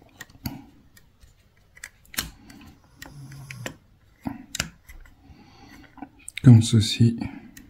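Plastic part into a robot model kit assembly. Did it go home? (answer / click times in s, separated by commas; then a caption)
no / none. A plastic part is handled and pressed gently into a robot model kit assembly, with short sharp plastic ticks and taps scattered through the clip and a louder rustling burst near the end. Someone talks briefly. Nothing has seated or clicked yet; the clip ends just before the part goes home.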